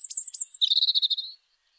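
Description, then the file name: European robin singing a high thin whistle that drops into a rapid rattling trill, then stops. "Erithacus rubecula"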